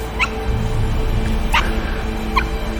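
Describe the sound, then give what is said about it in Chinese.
A small dog in the middle of a road gives three short, high-pitched yelps and whimpers, spaced about a second apart, over a steady low background rumble. “就在这时候，他突然停住了，因为他看到了不远处马路中间有条小狗，也不知什么时候跑出去的。”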